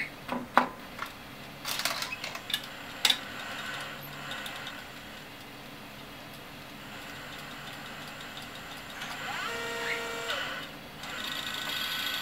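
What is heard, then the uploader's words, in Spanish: An LTO-2 tape cartridge is loaded and unloaded in a drive, with sharp mechanical clicks and clunks in the first three seconds. A quiet steady whir follows, then a brighter rising motor whine around nine to eleven seconds before the hum continues. Carga y descarga del cartucho de cinta LTO-2 en la unidad Quantum.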